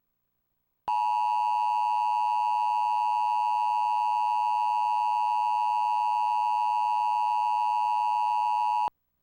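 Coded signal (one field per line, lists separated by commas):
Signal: Emergency Alert System (SAME) tones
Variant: 853 and 960 Hz attention tone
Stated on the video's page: Tornado warning generated by a DASDEC unit.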